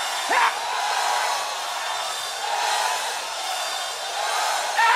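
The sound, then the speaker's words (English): A large festival crowd at Bloodstock Open Air 2022 screams on a call from the stage, a dense, continuous high-pitched roar, swelling louder in a few waves across five seconds, with no single voice standing out. “Over here, let me hear you scream.”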